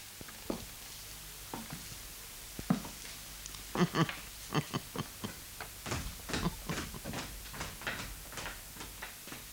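A door to a pitch-dark cellar being worked open: an irregular run of sharp clicks, knocks and wooden rattles, sparse at first, then clustering into a busier clatter of latch and hinge noises, with no voices.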